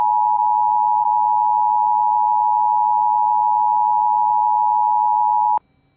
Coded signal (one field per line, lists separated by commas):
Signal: Emergency Alert System (SAME) tones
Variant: 853 and 960 Hz attention tone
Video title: EAS #400 IS HERE EAS Alerts From 3/24/21 (EAS #395-405)